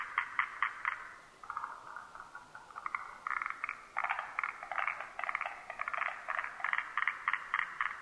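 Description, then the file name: Forest green tree frog giving a nearly continuous series of rattling, clicking pulses. Recorded 12 July 2009. "moriaogaeru 20090712"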